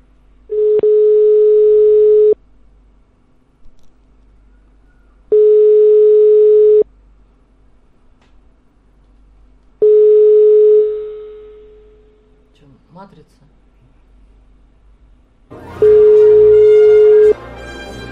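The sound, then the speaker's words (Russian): Telephone line tones while dialing an old phone number: four steady, mid-pitched buzzing beeps, each lasting a second or two with long silent gaps between them. The last beep sounds under a rush of noise and muffled voices. “Кликам звоним.”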